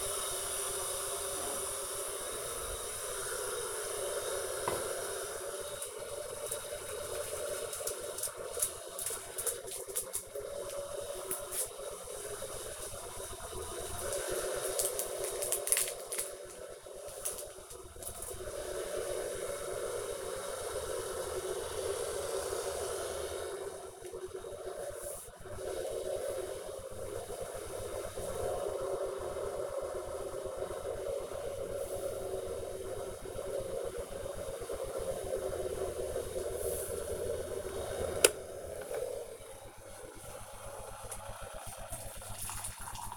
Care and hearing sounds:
household activities, microphone on the right wrist
0.00-43.17 s: making tea

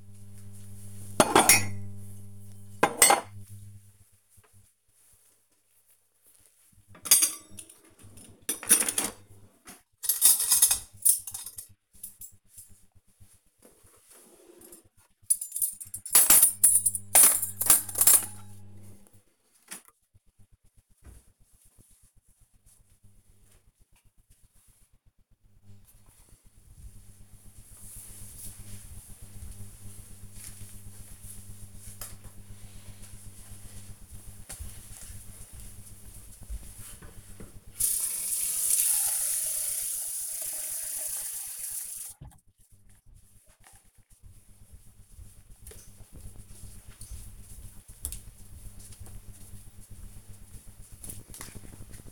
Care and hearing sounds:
household activities, microphone on the right wrist
0.00-20.85 s: putting away the dishes
31.94-52.12 s: watering plant

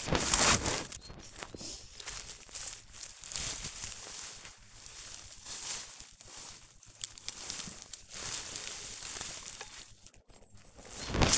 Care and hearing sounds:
household activities, microphone on the right wrist
0.00-11.38 s: cutting plants (near water)

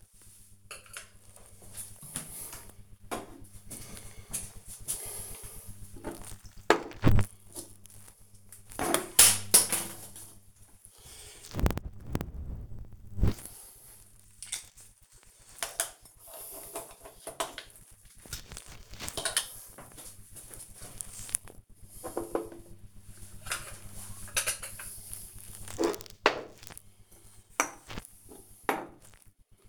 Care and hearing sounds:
household activities, microphone on the right wrist
0.00-29.69 s: cleaning bathroom

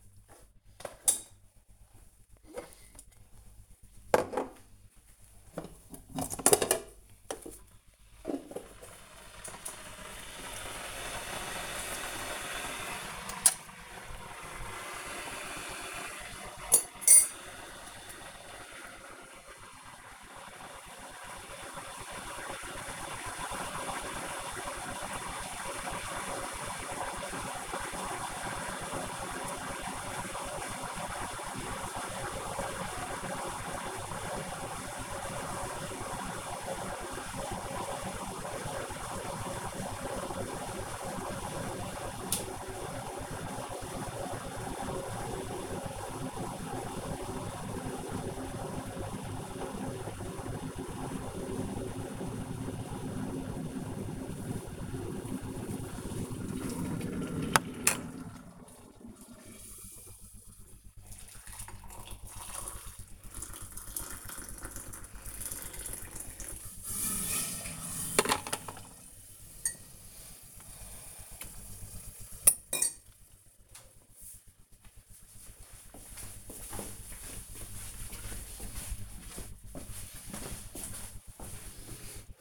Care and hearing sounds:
household activities, microphone on the right wrist
0.00-68.47 s: making tea

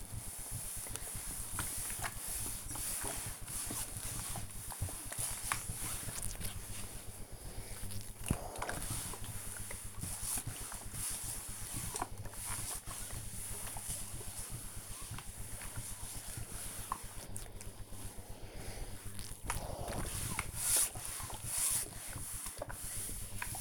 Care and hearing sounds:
household activities, microphone on the right wrist
0.00-23.61 s: ironing laundry

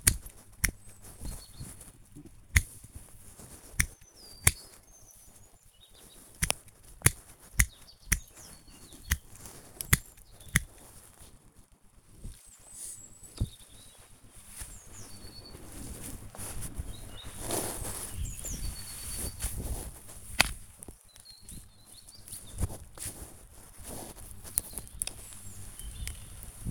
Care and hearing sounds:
household activities, microphone on the right wrist
0.00-26.40 s: cutting wood

